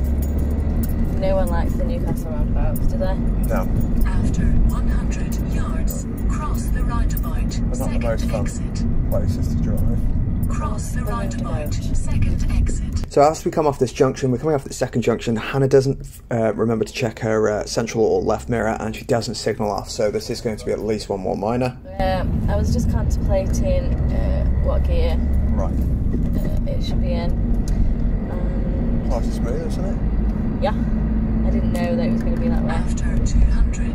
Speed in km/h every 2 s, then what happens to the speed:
40, 44, 42, 39, 34, 19, 13, 13, 18, 24, 29, 35, 37, 42, 47, 50, 52.
3-11 brakes to 13. 14-29 speeds up to 50.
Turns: none.